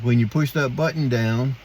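Someone talks while handling a pocket lighter, about to press the small release button on its flint compartment so the sliding flint holder goes back into the lighter body. The clip is all speech, and nothing has seated or clicked yet.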